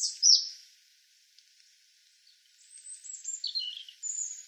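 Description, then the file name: European robin: a sharp high note opens, then after a pause a string of thin, very high whistles and quick twittering phrases. "Erithacus rubecula"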